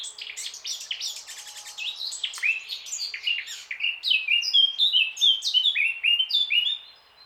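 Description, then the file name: Eurasian blackcap song: a quiet rapid scratchy warble building into loud, rich fluty whistles repeated in quick succession. "Sylvia atricapilla"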